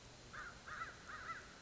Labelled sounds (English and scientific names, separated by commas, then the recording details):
American Crow (Corvus brachyrhynchos)
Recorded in Sonoma County, California